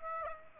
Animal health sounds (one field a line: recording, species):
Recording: mosquito wingbeat signal from an infrared sensor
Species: Aedes aegypti